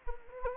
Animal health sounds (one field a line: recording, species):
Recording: mosquito wingbeat signal from an infrared sensor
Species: Anopheles gambiae